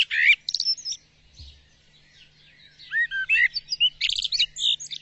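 Bird sounding a jumble of brisk chirps and short whistled notes, quieter in the middle, then a busy run of loud, high chirps to the end.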